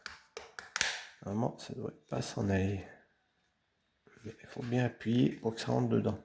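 A plastic part from a collectible model kit is being handled and pressed onto the locating pegs of another part. A few quick taps and clicks sound at the start while someone talks, followed by a pause and more talking. Nothing has seated or clicked into place yet.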